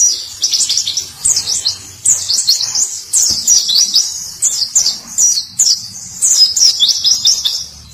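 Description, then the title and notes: White-eye singing loud, high, rapid twittering phrases separated by short pauses, each burst of slurred chirps. Sweet long song. "Kicau Burung Pleci ampuh. suara burung pleci merdu panjan"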